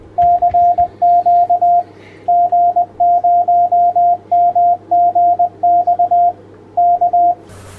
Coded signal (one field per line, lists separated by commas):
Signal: Morse code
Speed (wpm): 20 wpm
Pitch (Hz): 700 Hz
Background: radio noise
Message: CQ G0MGX K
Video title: SDRPlay Spec An